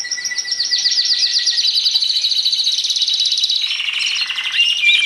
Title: Suara Kolibri Ninja Cocok Dijadikan Masteran Burung Anda